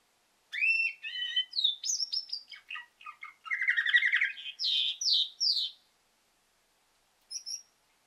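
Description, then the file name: Canary song opening with clear rising whistles, then rapid chirps, a rolling trill and several sharp downslurred notes, followed by a pause and one last brief note. Female canary. "suara kenari betina"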